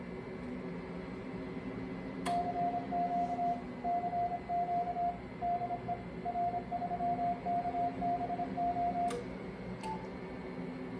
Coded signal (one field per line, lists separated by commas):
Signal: Morse code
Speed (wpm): 28 wpm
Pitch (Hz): 700 Hz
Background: radio noise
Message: CQ CQ DE R3KBO